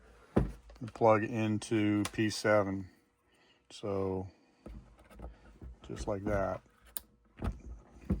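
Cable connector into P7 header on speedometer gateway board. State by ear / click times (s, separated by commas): seated / 7.0 s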